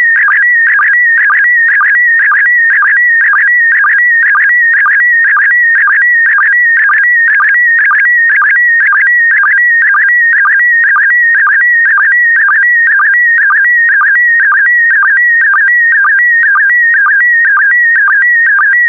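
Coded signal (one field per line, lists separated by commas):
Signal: SSTV (slow-scan television)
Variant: PD120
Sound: continuous warbling tone with steady rhythmic chirps about twice a second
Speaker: complete. You can now check your decoded image against the picture that is shown on the video.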